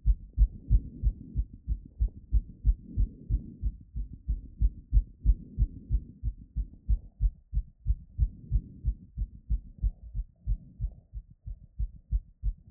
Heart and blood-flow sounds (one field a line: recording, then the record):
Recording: heart sounds by stethoscope after running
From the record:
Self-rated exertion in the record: vigorous exertion (4 of 6)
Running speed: 6 mph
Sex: female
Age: 18 years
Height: 171 cm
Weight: 75 kg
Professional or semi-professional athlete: no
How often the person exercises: 1 to 2 times a week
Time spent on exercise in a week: under 1 hour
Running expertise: no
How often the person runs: 1 to 2 times a week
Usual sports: running, fencing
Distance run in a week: 3 km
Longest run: 21.3 km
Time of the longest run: 190 minutes